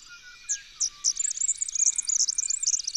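Red-backed fairywren song: a few high, slurred lead-in notes, then a fast, very high trill of bright repeated notes running to the end.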